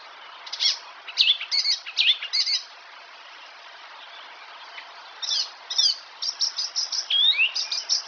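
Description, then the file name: Icterine warbler singing in two bursts of scratchy, jumbled phrases separated by a silence of over two seconds, the second including rapid repeated chips and a falling whistle. "Härmsångare - Hippolais icterina"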